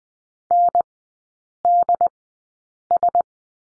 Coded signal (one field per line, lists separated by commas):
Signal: Morse code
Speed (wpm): 20 wpm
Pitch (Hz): 700 Hz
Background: none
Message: NDS